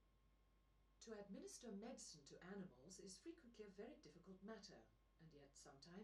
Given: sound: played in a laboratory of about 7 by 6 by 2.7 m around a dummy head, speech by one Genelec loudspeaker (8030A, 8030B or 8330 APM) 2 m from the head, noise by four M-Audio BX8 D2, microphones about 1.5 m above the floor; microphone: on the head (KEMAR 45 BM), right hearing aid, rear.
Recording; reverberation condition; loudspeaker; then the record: female speech in English; low; 120 degrees to the left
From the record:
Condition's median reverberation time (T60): about 310 ms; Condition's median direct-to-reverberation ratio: about 3.5 dB